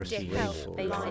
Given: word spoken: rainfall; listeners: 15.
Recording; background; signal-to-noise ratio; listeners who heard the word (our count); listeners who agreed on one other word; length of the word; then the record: one English word in noise, from a listening test; four-talker babble; -2.9 dB; 0 of 15; 6 of 15; 0.71 s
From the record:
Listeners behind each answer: 6, 2, 1, 1, 1, 1, 1, 1, 1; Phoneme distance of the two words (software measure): 47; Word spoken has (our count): 2 syllables, 6 phonemes, stress on syllable 1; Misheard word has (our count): 2 syllables, 5 phonemes, stress on syllable 2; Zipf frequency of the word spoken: 3.67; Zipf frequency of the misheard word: 4.42